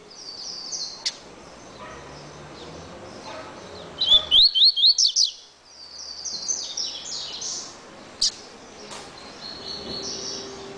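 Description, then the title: Double-collared seedeater song: a short burst of rapid, repeated high whistled notes, with other faint high chirps and steady background noise around it. "Canto Coleiro"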